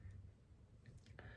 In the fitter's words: Oh, the spin track locks into place.